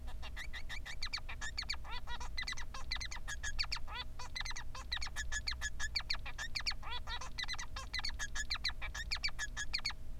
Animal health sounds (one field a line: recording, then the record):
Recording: song of a male Bengalese finch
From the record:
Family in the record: son of father 3